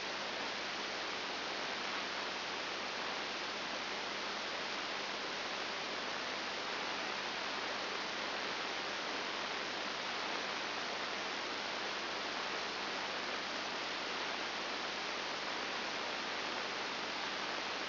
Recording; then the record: brain microelectrode recording played as sound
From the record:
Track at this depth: inside the subthalamic nucleus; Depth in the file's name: 3.502 mm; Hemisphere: left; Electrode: 2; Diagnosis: Parkinson's disease